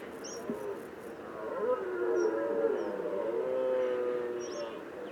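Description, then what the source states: Red deer giving a drawn-out, groaning bellow that swells and wavers for several seconds, while small birds chirp faintly in the background. Rutting bellow (brame).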